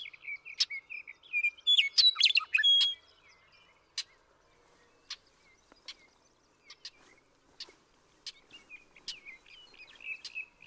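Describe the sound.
Western meadowlark song, a jumbled cascade of clear whistles lasting over a second, then faint chirps and isolated snapping clicks.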